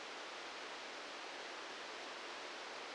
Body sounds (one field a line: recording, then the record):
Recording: brain microelectrode recording played as sound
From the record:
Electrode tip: outside the subthalamic nucleus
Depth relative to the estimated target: -3 mm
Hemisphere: right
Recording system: NeuroSet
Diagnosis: Parkinson's disease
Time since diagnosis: 13 years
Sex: male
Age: 63 years